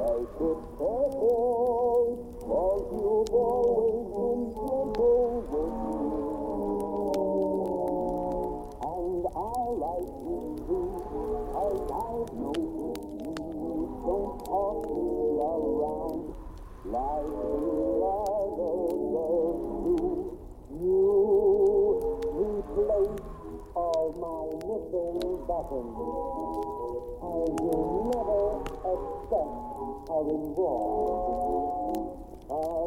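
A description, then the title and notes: Wind moans steadily in low, hollow tones that bend and shift in pitch, swelling and easing every few seconds, with brief dips around 17 and 21 seconds. Faint, scattered crackling ticks from the fire pop irregularly over the whole stretch. Wind and fire crackling sounds.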